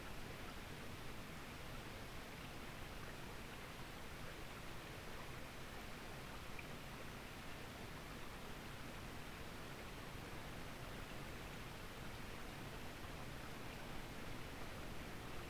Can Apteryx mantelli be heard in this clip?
no